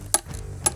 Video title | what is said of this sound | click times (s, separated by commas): How I Attach a Deck Ledger To Concrete After 35 Years | You hear that click? | 0.1 s